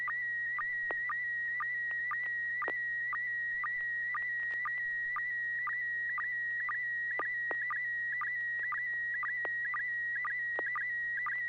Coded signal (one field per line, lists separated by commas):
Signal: SSTV (slow-scan television)